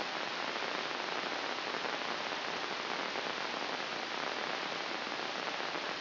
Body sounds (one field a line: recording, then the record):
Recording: brain microelectrode recording played as sound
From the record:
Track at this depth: inside the subthalamic nucleus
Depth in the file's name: 6.532 mm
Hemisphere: right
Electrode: 2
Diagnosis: Parkinson's disease